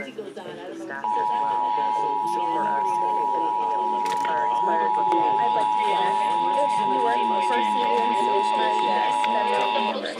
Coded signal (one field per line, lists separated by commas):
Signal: Emergency Alert System (SAME) tones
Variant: 853 and 960 Hz attention tone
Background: speech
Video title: Vermont Statewide Required Monthly Tests on AM/FM Radio